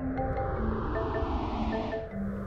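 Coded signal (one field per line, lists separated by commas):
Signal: none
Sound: music beeps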